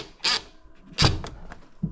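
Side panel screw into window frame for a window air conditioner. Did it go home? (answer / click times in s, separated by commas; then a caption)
no / 1.0 s. A screw is driven through an existing hole into the window frame to hold the side panel of a Midea 6000 BTU window air conditioner, and the thread strips out, so bigger screws may be needed. A short hissy burst sounds around 0.3 s, then the loudest broadband burst with a low thump comes at 1.0 s, followed by faint ticks near 1.2 and 1.5 s and a soft low thud at 1.8 s. The screw is stripped.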